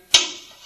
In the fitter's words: can hear it snap into place.